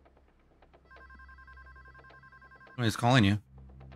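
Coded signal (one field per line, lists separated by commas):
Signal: none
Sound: game's phone ringing sound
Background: speech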